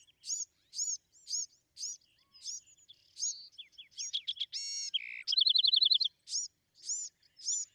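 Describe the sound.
Bewick's wren singing: evenly spaced high chips, a few falling slurs, then a harsh buzz and a fast clear trill before more chips.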